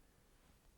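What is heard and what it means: The rotating tripod collar on a Sigma 150-600mm Sports telephoto lens is turned on the lens barrel toward its ball-bearing detent, which locks at every 90° position. Only a faint, steady low-level handling noise is heard, with no distinct click. The clip ends before the collar reaches the detent, so nothing has clicked into place yet.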